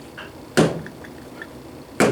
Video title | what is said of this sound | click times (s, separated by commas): WHAT IS IT? MYSTERY TOOLS #76b answers tubalcain mrpete | can you hear clicks so | 0.6 s, 0.9 s, 1.1 s, 1.4 s, 2.0 s